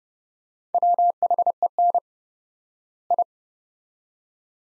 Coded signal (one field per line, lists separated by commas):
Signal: Morse code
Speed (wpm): 31 wpm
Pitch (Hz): 700 Hz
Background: none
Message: WHEN I